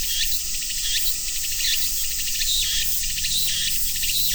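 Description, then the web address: Cicada chorus in a loud, hissing buzz that swells in pulses a little more than once per second. "sound cicadas-tsu"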